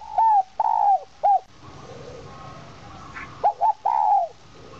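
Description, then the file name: Spotted dove cooing: a short arched coo, a longer one and a brief note, then a pause and another phrase of two short coos and a drawn-out hoot. Cooing in the 'giọng kim' voice style. "Tieng chim Cu gay giong kim. tieng cu gay giong kim"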